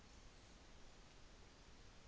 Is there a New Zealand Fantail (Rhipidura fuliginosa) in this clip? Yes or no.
no